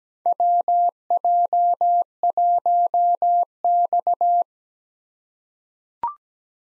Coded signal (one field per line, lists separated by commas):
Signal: Morse code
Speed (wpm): 17 wpm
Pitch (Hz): 700 Hz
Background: none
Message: WJ1X